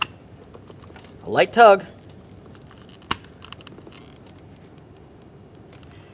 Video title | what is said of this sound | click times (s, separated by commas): How to Replace Front Interior Door Handles 2009-2014 Nissan Maxima | Just go ahead and line them up. Press them in. Listen for a click. | 0.0 s